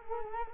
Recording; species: mosquito wingbeat signal from an infrared sensor; Culex quinquefasciatus